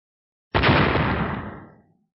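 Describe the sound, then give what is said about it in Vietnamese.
A single sudden, thunderous explosion bursts out of silence, broad and heavy with deep low rumble, then slowly rolls off and fades over about a second and a half. “Như tiếng sấm ngang trời, nổ vang khắp nhân gian, dường như tất cả mọi nơi trên thông thiên phong này đều rung động kịch liệt.”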